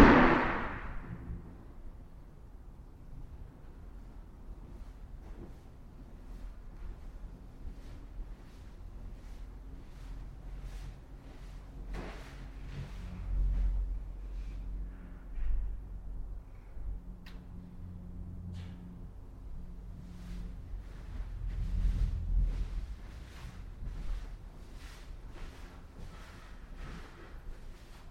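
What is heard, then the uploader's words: Recorded at a mausoleum in Piedmont, California: a low, steady hum fills the space, with faint murmuring and occasional soft knocks and clicks scattered throughout. A brighter burst opens the recording, and the low rumble swells briefly around 13 and 22 seconds. Mausoleum - Piedmont, CA. Zoom H6 XY Stereo Mic Capsule. Unbranded Mini Mic Stand. Magnetic Microphone Mounts.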